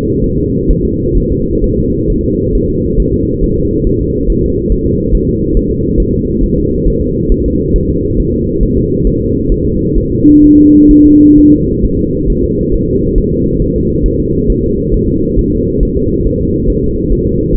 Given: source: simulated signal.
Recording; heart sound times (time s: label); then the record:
fetal heart sounds
0.24 s: S1
0.38 s: S2
0.71 s: S1
0.85 s: S2
1.17 s: S1
1.32 s: S2
1.64 s: S1
1.78 s: S2
2.10 s: S1
2.24 s: S2
2.55 s: S1
2.70 s: S2
3.00 s: S1
3.14 s: S2
3.44 s: S1
3.58 s: S2
3.87 s: S1
4.01 s: S2
4.30 s: S1
4.44 s: S2
4.72 s: S1
4.87 s: S2
5.15 s: S1
5.29 s: S2
5.57 s: S1
5.71 s: S2
6.00 s: S1
6.14 s: S2
6.44 s: S1
6.58 s: S2
6.88 s: S1
7.02 s: S2
7.32 s: S1
7.46 s: S2
7.76 s: S1
7.90 s: S2
8.20 s: S1
8.34 s: S2
8.63 s: S1
8.78 s: S2
9.07 s: S1
9.21 s: S2
9.52 s: S1
9.66 s: S2
9.97 s: S1
10.12 s: S2
10.44 s: S1
10.58 s: S2
10.91 s: S1
11.06 s: S2
11.38 s: S1
11.53 s: S2
11.84 s: S1
11.99 s: S2
12.30 s: S1
12.44 s: S2
12.74 s: S1
12.89 s: S2
13.18 s: S1
13.33 s: S2
13.62 s: S1
13.76 s: S2
14.06 s: S1
14.20 s: S2
14.50 s: S1
14.64 s: S2
14.94 s: S1
15.09 s: S2
15.39 s: S1
15.53 s: S2
15.83 s: S1
15.97 s: S2
16.27 s: S1
16.41 s: S2
16.70 s: S1
16.84 s: S2
17.12 s: S1
17.27 s: S2
17.55 s: S1
From the record:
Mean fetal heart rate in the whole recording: 135 bpm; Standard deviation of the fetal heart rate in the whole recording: 3 bpm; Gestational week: 36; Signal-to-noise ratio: -10.2 dB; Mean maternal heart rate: 72 bpm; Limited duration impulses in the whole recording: present